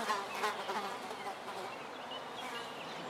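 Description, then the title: Fly buzzing, a wavering drone that swells early and then settles, with faint bird calls in the background. Flies on a balcony, recorded in the morning from a house window at Erta di Sopra, Contrà Erta, Italy, with birds in the distance. "Erta di Sopra, Contrà Erta VI, Italia - Erta di Sopra - Mosche sul balcone e Uccelli in lontananza"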